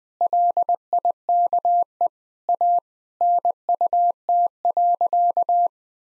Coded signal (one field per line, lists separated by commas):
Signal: Morse code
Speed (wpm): 20 wpm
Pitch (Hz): 700 Hz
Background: none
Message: LIKE A NUT.